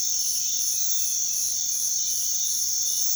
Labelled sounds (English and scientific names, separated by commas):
none